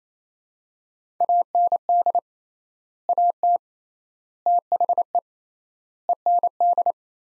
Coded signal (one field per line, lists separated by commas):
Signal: Morse code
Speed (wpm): 28 wpm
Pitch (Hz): 700 Hz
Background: none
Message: AND AT THE END